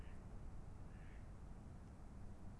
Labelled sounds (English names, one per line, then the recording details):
Mallard
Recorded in Germany
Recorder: ecoPi